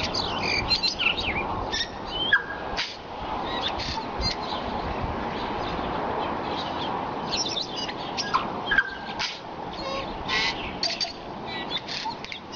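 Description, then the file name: Tui song of crackling clicks and high squeaky whistles in uneven bursts. Singing at sunrise. "Tui (Prosthemadera novaeseelandiae) singing at sunrise"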